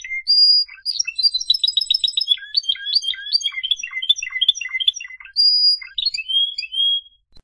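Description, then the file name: Canary singing clear whistled notes and a fast rolling trill of repeated syllables, ending with a few long bright whistles. "Canary Voice"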